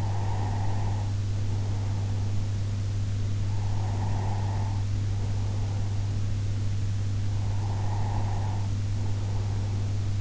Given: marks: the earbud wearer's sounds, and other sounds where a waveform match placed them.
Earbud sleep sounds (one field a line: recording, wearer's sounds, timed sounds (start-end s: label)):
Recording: sounds in sleep by an in-ear microphone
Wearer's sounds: breath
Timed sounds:
0.00-2.68 s: breath
3.55-6.40 s: breath
7.50-10.21 s: breath